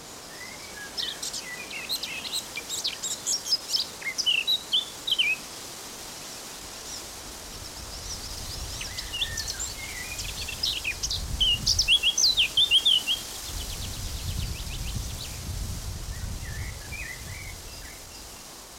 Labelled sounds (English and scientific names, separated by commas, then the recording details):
Eurasian Blackcap (Sylvia atricapilla)
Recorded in the wild
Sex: male
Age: adult
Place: Summt, Brandenburg, DE
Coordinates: 52.687, 13.374
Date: 1992-05-23 14:00
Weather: 23-24°C, böiger Wind
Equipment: Nagra SN, Mikrofon AKG CK 8, Kopie Tesla B 116
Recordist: Tembrock, Günter